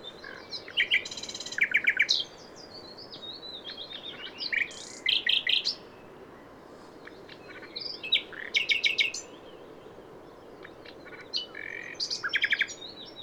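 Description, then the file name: Common nightingale delivering several short song phrases of rapid repeated notes, buzzy trills and whistles, separated by pauses. "Luscinia megarhynchos"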